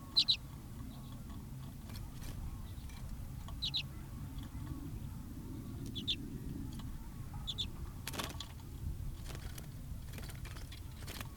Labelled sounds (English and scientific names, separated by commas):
Common Redpoll (Carduelis flammea) call